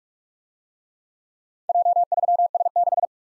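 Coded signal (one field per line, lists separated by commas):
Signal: Morse code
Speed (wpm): 51 wpm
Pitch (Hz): 700 Hz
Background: none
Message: J3S6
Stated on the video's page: Morse drill of four-character letter-number groups, sent fast at 45 wpm then slowing incrementally to a base speed, with a final repeat at maximum speed.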